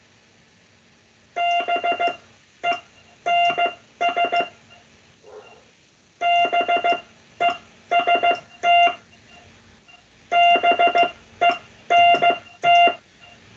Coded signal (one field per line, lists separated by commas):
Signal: Morse code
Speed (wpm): 15 wpm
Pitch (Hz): 700 Hz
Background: none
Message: BENS BEST BENT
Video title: The fith COOL CW Practice aired on the 26th September 2024